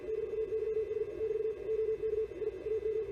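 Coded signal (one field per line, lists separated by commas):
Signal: Morse code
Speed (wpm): 49 wpm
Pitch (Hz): 440 Hz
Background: none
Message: DAYS <BT> OK I AM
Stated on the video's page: Morse code operated by youth ham radio operators.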